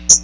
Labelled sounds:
Hooded Warbler flight call

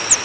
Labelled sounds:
Northern Parula flight call

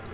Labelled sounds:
Black-throated Green Warbler flight call

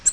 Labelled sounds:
Nashville Warbler flight call

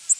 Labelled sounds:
Tennessee Warbler flight call

